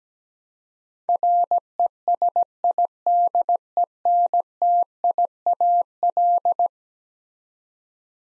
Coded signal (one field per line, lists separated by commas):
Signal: Morse code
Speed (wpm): 17 wpm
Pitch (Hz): 700 Hz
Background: none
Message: RESIDENTIAL